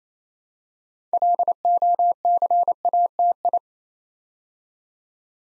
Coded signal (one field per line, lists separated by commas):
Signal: Morse code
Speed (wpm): 28 wpm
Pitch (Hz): 700 Hz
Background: none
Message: LOCATI